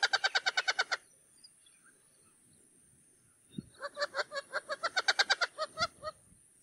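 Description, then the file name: Wattled jacana chattering: a rapid run of harsh, nasal notes, a pause of over two seconds, then a second longer burst of similar squeaky stuttering notes. "CANTO-DO-JAÇANÂ-Jacana-jacana-Wattled-Jacana"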